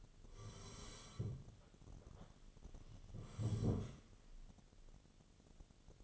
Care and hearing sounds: daily activity, microphone in the room; sit down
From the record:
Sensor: 4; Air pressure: 1016.1 hPa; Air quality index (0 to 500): 178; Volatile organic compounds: 7 ppm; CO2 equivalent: 2032 ppm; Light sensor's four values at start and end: 9/20/8/7 and 9/20/8/7

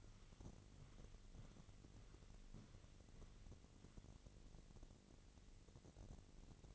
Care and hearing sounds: daily activity, microphone in the room; walk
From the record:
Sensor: 4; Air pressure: 1002.4 hPa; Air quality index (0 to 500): 217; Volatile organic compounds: 12 ppm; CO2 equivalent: 2350 ppm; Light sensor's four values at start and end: 20/71/26/26 and 21/72/26/26

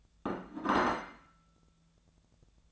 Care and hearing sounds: daily activity, microphone in the room; place plate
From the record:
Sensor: 3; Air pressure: 1000.2 hPa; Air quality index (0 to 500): 141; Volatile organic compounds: 2 ppm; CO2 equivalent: 1255 ppm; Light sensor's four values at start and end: 35/87/37/40 and 35/87/37/40

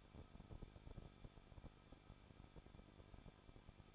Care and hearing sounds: daily activity, microphone in the room; no activity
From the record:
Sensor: 5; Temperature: 20.8 degrees Celsius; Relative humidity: 38.6%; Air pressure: 1006.4 hPa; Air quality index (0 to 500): 192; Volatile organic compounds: 21 ppm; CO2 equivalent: 2715 ppm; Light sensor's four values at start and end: 2/3/1/1 and 2/3/1/1

